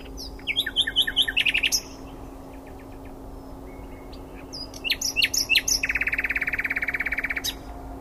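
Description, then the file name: Common nightingale song in two phrases: a quick series of ringing notes, then a varied burst ending in a fast, buzzing trill of rapidly repeated notes. "Luscinia megarhynchos"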